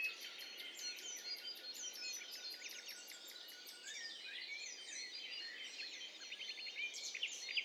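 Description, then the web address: Birds calling and singing together in a busy chorus of sharp chirps, rapid ticking series and short high trills layered over one another, with steady faint background hiss. "Hi Fi STEREO BIRD COCKTAIL PARTY Challenge"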